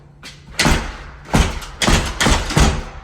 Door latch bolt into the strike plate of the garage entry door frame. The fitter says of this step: it doesn't latch.